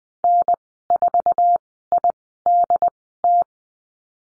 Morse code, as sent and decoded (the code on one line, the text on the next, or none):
-. ....- .. -.. -
N4IDT